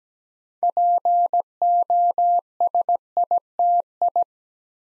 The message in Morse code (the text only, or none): POSITI